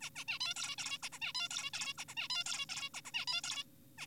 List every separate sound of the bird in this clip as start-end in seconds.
0.01-0.10, 0.16-0.24, 0.28-0.39, 0.41-0.54, 0.56-0.76, 0.78-0.98, 1.03-1.09, 1.12-1.19, 1.22-1.32, 1.35-1.49, 1.51-1.71, 1.74-1.94, 1.99-2.05, 2.08-2.15, 2.17-2.28, 2.30-2.44, 2.46-2.66, 2.69-2.90, 2.94-3.01, 3.05-3.11, 3.14-3.25, 3.28-3.41, 3.44-3.64, 3.98-4.07